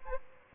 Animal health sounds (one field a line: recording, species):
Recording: mosquito wingbeat signal from an infrared sensor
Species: Aedes aegypti